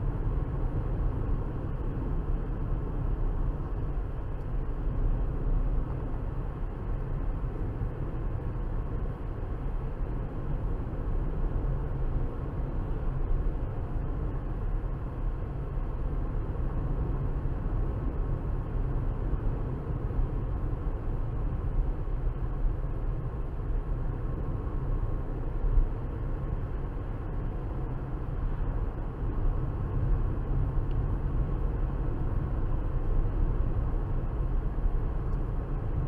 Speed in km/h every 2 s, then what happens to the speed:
76, 74, 74, 74, 77, 77, 79, 77, 79, 77, 76, 72, 74, 82, 82, 82, 82, 81.
0-17 steady at about 77. 17-23 slows to 72. 23-26 speeds up to 82. 26-36 steady at about 82.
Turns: none.